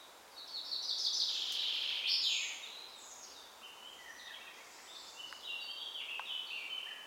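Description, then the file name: Common chaffinch song: a loud, rapid, rattling phrase of about two seconds ending in a downward flourish, then softer scattered chirps and high notes. "Fringilla coelebs"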